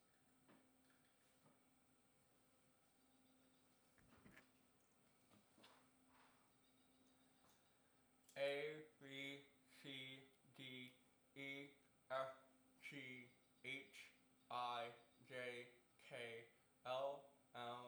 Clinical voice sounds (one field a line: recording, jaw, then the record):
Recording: letters of the alphabet, spoken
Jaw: constrained by a bite bar between the teeth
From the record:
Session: first day, right after the free take